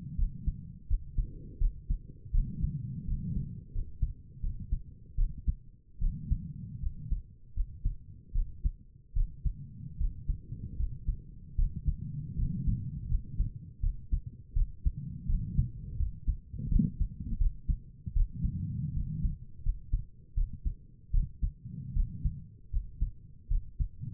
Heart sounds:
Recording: heart sounds by stethoscope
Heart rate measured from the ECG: 80 bpm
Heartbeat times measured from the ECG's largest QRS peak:
0.17 s: heartbeat
0.88 s: heartbeat
1.59 s: heartbeat
2.32 s: heartbeat
3.06 s: heartbeat
3.73 s: heartbeat
4.42 s: heartbeat
5.17 s: heartbeat
6.00 s: heartbeat
6.81 s: heartbeat
7.55 s: heartbeat
8.34 s: heartbeat
9.15 s: heartbeat
9.99 s: heartbeat
10.78 s: heartbeat
11.57 s: heartbeat
12.37 s: heartbeat
13.09 s: heartbeat
13.81 s: heartbeat
14.54 s: heartbeat
15.27 s: heartbeat
15.98 s: heartbeat
16.70 s: heartbeat
17.39 s: heartbeat
18.14 s: heartbeat
18.95 s: heartbeat
19.64 s: heartbeat
20.35 s: heartbeat
21.12 s: heartbeat
21.94 s: heartbeat
22.72 s: heartbeat
23.49 s: heartbeat
From the record:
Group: healthy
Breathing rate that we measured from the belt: 19 breaths a minute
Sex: female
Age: 22 years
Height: 163 cm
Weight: 67.1 kg

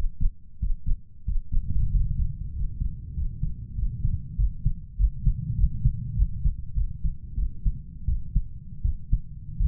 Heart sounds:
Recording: heart sounds by stethoscope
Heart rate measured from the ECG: 93 bpm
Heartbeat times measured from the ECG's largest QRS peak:
0.61 s: heartbeat
1.27 s: heartbeat
1.92 s: heartbeat
2.55 s: heartbeat
3.16 s: heartbeat
3.77 s: heartbeat
4.38 s: heartbeat
4.99 s: heartbeat
5.58 s: heartbeat
6.17 s: heartbeat
6.76 s: heartbeat
7.38 s: heartbeat
8.08 s: heartbeat
8.85 s: heartbeat
9.60 s: heartbeat
From the record:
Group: healthy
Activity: breath hold 0-2 s, rest 2-10 s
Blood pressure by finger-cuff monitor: 150/87 mmHg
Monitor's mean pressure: 104 mmHg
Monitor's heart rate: 98 bpm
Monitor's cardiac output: 7.6 L/min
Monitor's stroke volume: 77 mL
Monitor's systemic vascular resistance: 1010 dyn s/cm5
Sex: male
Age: 21 years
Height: 175 cm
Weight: 72.6 kg

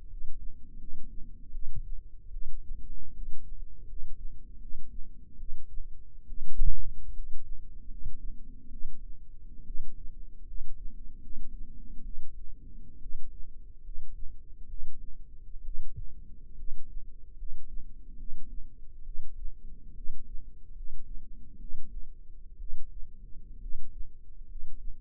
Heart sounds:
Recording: heart sounds by microphone in the left ear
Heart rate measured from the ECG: 71 bpm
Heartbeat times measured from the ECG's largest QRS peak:
0.06 s: heartbeat
0.76 s: heartbeat
1.50 s: heartbeat
2.29 s: heartbeat
3.11 s: heartbeat
3.84 s: heartbeat
4.57 s: heartbeat
5.35 s: heartbeat
6.25 s: heartbeat
7.12 s: heartbeat
7.86 s: heartbeat
8.68 s: heartbeat
9.62 s: heartbeat
10.43 s: heartbeat
11.19 s: heartbeat
12.01 s: heartbeat
12.98 s: heartbeat
13.81 s: heartbeat
14.66 s: heartbeat
15.61 s: heartbeat
16.54 s: heartbeat
17.34 s: heartbeat
18.15 s: heartbeat
19.01 s: heartbeat
19.92 s: heartbeat
20.72 s: heartbeat
21.56 s: heartbeat
22.56 s: heartbeat
23.57 s: heartbeat
24.44 s: heartbeat
From the record:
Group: healthy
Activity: rest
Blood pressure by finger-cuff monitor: 106/53 mmHg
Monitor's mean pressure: 64 mmHg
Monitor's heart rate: 72 bpm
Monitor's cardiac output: 8.5 L/min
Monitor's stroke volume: 120 mL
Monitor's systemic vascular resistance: 530 dyn s/cm5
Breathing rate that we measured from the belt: 18 breaths a minute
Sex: male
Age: 22 years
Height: 185 cm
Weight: 112.4 kg

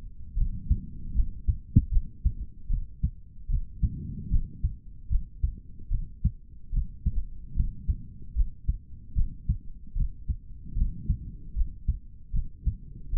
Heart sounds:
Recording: heart sounds by stethoscope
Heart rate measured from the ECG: 75 bpm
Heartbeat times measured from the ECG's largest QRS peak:
0.35 s: heartbeat
1.13 s: heartbeat
1.90 s: heartbeat
2.68 s: heartbeat
3.48 s: heartbeat
4.29 s: heartbeat
5.09 s: heartbeat
5.89 s: heartbeat
6.71 s: heartbeat
7.54 s: heartbeat
8.34 s: heartbeat
9.14 s: heartbeat
9.94 s: heartbeat
10.75 s: heartbeat
11.54 s: heartbeat
12.32 s: heartbeat
13.11 s: heartbeat
From the record:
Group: healthy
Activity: rest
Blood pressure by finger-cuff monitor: 126/76 mmHg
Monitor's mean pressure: 94 mmHg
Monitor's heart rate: 75 bpm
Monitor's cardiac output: 4.2 L/min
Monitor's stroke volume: 56 mL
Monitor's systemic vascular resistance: 1660 dyn s/cm5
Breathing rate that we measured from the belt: 18 breaths a minute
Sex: male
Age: 55 years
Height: 167 cm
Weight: 57.2 kg

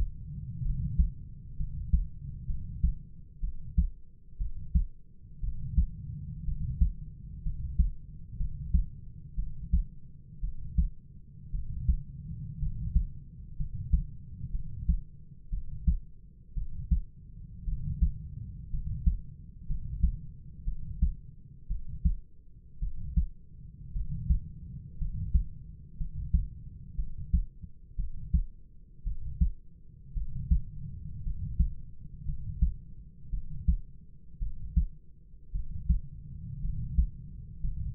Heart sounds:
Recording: heart sounds by stethoscope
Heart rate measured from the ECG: 58 bpm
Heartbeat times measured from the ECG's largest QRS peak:
0.63 s: heartbeat
1.57 s: heartbeat
2.47 s: heartbeat
3.41 s: heartbeat
4.38 s: heartbeat
5.41 s: heartbeat
6.45 s: heartbeat
7.43 s: heartbeat
8.37 s: heartbeat
9.36 s: heartbeat
10.41 s: heartbeat
11.52 s: heartbeat
12.59 s: heartbeat
13.57 s: heartbeat
14.52 s: heartbeat
15.50 s: heartbeat
16.54 s: heartbeat
17.65 s: heartbeat
18.71 s: heartbeat
19.67 s: heartbeat
20.65 s: heartbeat
21.68 s: heartbeat
22.80 s: heartbeat
23.93 s: heartbeat
24.98 s: heartbeat
25.97 s: heartbeat
26.96 s: heartbeat
27.96 s: heartbeat
29.04 s: heartbeat
30.14 s: heartbeat
31.23 s: heartbeat
32.25 s: heartbeat
33.30 s: heartbeat
34.39 s: heartbeat
35.52 s: heartbeat
36.61 s: heartbeat
37.61 s: heartbeat
From the record:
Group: healthy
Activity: rest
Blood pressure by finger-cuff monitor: 95/48 mmHg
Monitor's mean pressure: 60 mmHg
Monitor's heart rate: 58 bpm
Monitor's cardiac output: 5.1 L/min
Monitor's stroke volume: 87 mL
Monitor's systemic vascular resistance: 820 dyn s/cm5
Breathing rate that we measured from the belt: 10 breaths a minute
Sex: male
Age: 25 years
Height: 170 cm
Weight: 70.4 kg

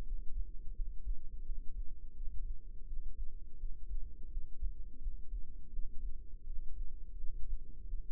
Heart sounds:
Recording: heart sounds by microphone in the left ear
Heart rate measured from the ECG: 84 bpm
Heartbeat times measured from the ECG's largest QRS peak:
0.03 s: heartbeat
0.73 s: heartbeat
1.43 s: heartbeat
2.13 s: heartbeat
2.84 s: heartbeat
3.56 s: heartbeat
4.28 s: heartbeat
4.99 s: heartbeat
5.70 s: heartbeat
6.43 s: heartbeat
7.15 s: heartbeat
7.85 s: heartbeat
From the record:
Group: healthy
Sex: female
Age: 51 years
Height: 162 cm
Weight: 70.04 kg

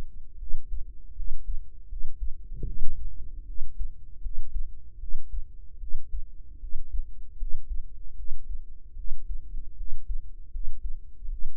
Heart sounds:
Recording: heart sounds by microphone in the right ear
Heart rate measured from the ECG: 77 bpm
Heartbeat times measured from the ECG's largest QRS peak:
0.37 s: heartbeat
1.14 s: heartbeat
1.87 s: heartbeat
2.64 s: heartbeat
3.44 s: heartbeat
4.20 s: heartbeat
4.97 s: heartbeat
5.78 s: heartbeat
6.59 s: heartbeat
7.36 s: heartbeat
8.14 s: heartbeat
8.94 s: heartbeat
9.75 s: heartbeat
10.50 s: heartbeat
11.28 s: heartbeat
From the record:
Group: healthy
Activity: cold pressor test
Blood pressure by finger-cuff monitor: 90/59 mmHg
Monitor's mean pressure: 71 mmHg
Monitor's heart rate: 78 bpm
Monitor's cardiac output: 6.8 L/min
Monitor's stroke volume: 88 mL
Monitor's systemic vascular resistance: 740 dyn s/cm5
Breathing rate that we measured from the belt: 21 breaths a minute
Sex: female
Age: 19 years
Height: 163 cm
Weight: 48.9 kg

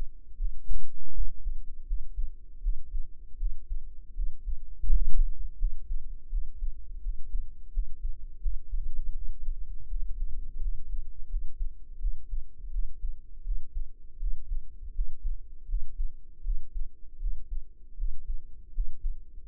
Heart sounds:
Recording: heart sounds by microphone in the right ear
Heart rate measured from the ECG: 82 bpm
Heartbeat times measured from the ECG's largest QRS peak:
0.36 s: heartbeat
1.12 s: heartbeat
1.84 s: heartbeat
2.60 s: heartbeat
3.36 s: heartbeat
4.13 s: heartbeat
4.84 s: heartbeat
5.56 s: heartbeat
6.28 s: heartbeat
6.99 s: heartbeat
7.70 s: heartbeat
8.39 s: heartbeat
9.12 s: heartbeat
9.86 s: heartbeat
10.59 s: heartbeat
11.27 s: heartbeat
11.98 s: heartbeat
12.69 s: heartbeat
13.42 s: heartbeat
14.17 s: heartbeat
14.92 s: heartbeat
15.66 s: heartbeat
16.41 s: heartbeat
17.17 s: heartbeat
17.95 s: heartbeat
18.71 s: heartbeat
19.44 s: heartbeat
From the record:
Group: healthy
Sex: female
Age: 22 years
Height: 160 cm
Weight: 45 kg

